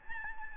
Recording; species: mosquito wingbeat signal from an infrared sensor; Aedes albopictus